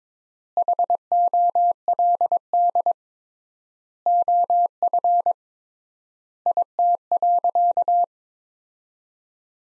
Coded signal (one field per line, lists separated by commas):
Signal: Morse code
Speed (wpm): 22 wpm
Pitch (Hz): 700 Hz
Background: none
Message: HOLD OF IT.